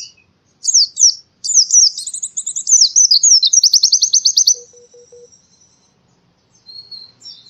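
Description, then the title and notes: Canary singing rapid chirps that run into a long rattling trill, which fades into a thin, steady high whistle. Long-duration canary song used as masteran material for training birds. "Kicauan Kenari Durasi Panjang 1. Masteran Burung Lengkap"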